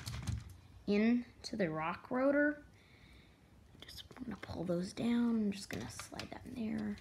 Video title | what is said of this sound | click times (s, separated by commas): Lego Ninjago Rock Roader 70589 Review | and then with one little click this just pops back in | 0.1 s